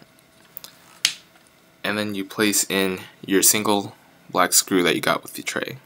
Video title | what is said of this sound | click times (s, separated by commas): Lenovo ThinkPad P50: M.2 SSD Install | you push it in until it clicks it's all aligned for you quite simply | 1.1 s